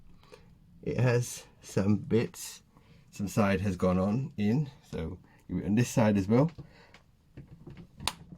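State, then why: Seated. Someone talks while pressing the metal snap-on case back onto a Gucci bangle watch case during a battery change; one side is already in, and the remaining side is pushed down. A few faint taps come just before a sharp click at 8.1 s, when the case back snaps home and is seated shut.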